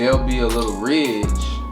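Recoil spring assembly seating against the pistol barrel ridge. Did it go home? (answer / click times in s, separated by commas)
no / none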